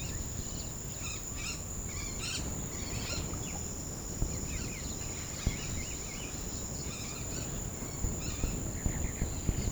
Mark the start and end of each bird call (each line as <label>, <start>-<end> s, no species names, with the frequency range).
bird call (1.2-8.2 kHz), 0.99-3.23 s
bird call (1.0-6.9 kHz), 4.21-9.69 s